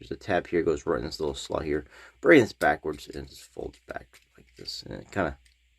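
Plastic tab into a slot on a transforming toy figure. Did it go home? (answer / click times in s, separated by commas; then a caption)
no / none. A plastic tab on a transforming toy robot is guided into a small slot and the part is folded back, while someone talks throughout. Faint handling sounds sit under the voice. Nothing has seated or clicked yet.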